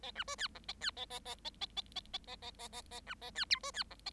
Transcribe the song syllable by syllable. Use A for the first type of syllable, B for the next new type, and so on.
A B C D E A D A A A A A A A A A A A A A B A D F C D E A